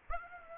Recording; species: mosquito wingbeat signal from an infrared sensor; Aedes aegypti